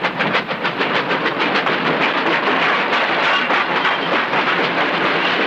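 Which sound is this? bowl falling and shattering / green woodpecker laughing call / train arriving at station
train arriving at station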